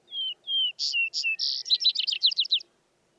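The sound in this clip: Vesper sparrow singing two clear downslurred whistles, then higher short notes and a rapid, tumbling trill that ends abruptly after about two and a half seconds.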